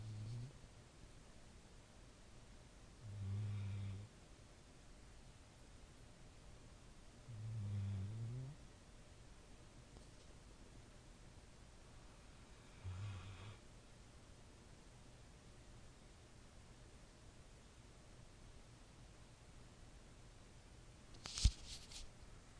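A dog snoring: four low, rumbling snores come every four to five seconds, about 13 breaths a minute, in a quiet room. This is ordinary snoring from a sleeping dog. A brief sharp click sounds near the end.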